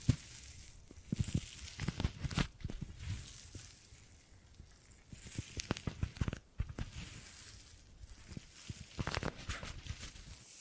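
Gripping and grabbing sounds: a busy run of short rustles, scrapes and taps, some crisp and bright, others dull and low, arriving irregularly every fraction of a second. Denser flurries land around two, six and nine seconds, with a soft hiss underneath between handlings.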